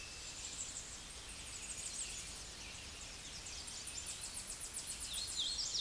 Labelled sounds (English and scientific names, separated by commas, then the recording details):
Tennessee Warbler (Leiothlypis peregrina) song
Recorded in a Pennsylvania forest on 16 May 2024 at 08:29
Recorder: AudioMoth, point MSD-2039
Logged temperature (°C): 15.0 °C
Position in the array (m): 24 m, 101 m